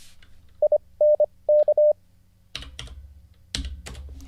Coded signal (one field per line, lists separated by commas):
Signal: Morse code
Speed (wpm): 25 wpm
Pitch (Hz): 600 Hz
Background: none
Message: INK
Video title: How to Learn Morse Code (Day 43) [Livestream]